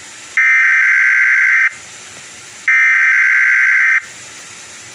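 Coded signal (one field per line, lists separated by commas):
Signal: Emergency Alert System (SAME) tones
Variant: header bursts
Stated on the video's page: Monthly EAS identification from station WACP4.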